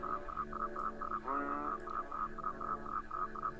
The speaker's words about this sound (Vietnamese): Thế rồi đám ếch nhái ở cái ao tù cũng đua nhau gào lên.